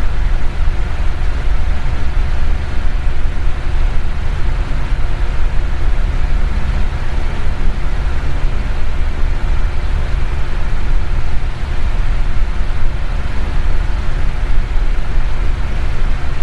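A fan runs steadily for the whole stretch, a dense, unchanging rush with a heavy low rumble underneath. Faint steady tones hum through the middle of the sound, and the loudness never rises or falls. There are no separate events or background sounds.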